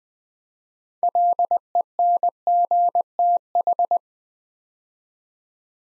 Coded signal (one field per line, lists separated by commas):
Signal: Morse code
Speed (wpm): 20 wpm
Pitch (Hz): 700 Hz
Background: none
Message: LENGTH